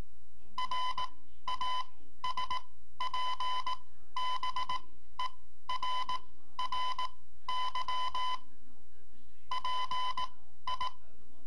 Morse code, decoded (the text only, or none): RASPBERRY PI